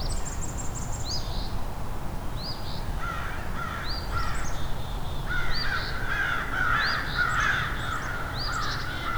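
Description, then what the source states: American Crow caws: harsh repeated calls throughout, over a low background rumble. About 10 crows present.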